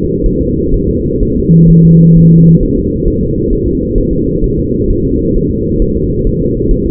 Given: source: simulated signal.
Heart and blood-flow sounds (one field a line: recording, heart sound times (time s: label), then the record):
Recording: fetal heart sounds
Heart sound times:
0.26 s: S1
0.41 s: S2
0.74 s: S1
0.89 s: S2
1.23 s: S1
1.37 s: S2
1.70 s: S1
1.85 s: S2
2.17 s: S1
2.32 s: S2
2.63 s: S1
2.78 s: S2
3.08 s: S1
3.23 s: S2
3.53 s: S1
3.68 s: S2
3.98 s: S1
4.13 s: S2
4.44 s: S1
4.59 s: S2
4.90 s: S1
5.05 s: S2
5.36 s: S1
5.51 s: S2
5.82 s: S1
5.97 s: S2
6.27 s: S1
6.42 s: S2
6.71 s: S1
6.86 s: S2
From the record:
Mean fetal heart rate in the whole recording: 130 bpm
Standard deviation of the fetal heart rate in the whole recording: 4 bpm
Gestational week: 38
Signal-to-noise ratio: -14.7 dB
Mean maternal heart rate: 72 bpm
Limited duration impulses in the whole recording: present